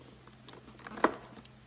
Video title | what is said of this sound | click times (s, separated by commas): Hoover Power Scrub Elite Pet Carpet Cleaner/Washer FH50251 Review 2019 | I'm going to connect it and you kind of feel it snap into place and that's it | 1.0 s